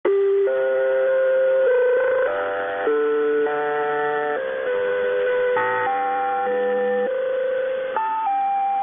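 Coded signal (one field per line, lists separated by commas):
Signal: channel marker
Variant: Bangkok VOLMET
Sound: a slow electronic melody of sustained organ-like notes changing pitch about every second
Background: radio static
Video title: Bangkok Meteo Interval Signal [HQ]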